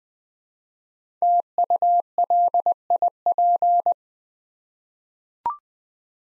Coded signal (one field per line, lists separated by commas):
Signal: Morse code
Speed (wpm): 20 wpm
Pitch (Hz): 700 Hz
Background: none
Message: TULIP